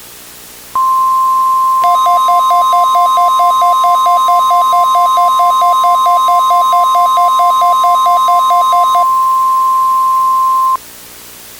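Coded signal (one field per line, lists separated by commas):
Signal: Emergency Alert System (SAME) tones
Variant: 1050 Hz attention tone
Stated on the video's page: Fictional EAS scenario of a Seattle blizzard, simulated alert with valid tones.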